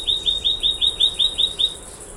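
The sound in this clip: Scrub greenlet calling: a quick run of about nine short, clipped notes, roughly five per second, evenly spaced.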